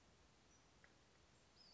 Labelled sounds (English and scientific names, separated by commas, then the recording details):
Western Flycatcher (Empidonax difficilis)
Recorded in Sonoma County, California